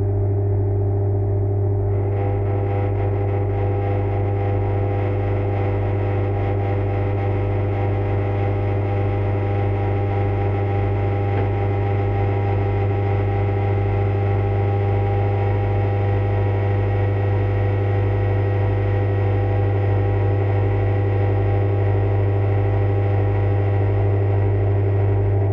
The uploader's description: Five tones recorded before dismantling a home in Sussex